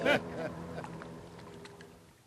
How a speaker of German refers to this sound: Ja, also, jetzt geht das Motorboot auch schon wieder. Also, was doch so ein Zinsschlüssel alles ausmacht.